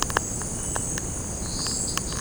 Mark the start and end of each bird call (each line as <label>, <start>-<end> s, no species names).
bird call, 1.31-2.04 s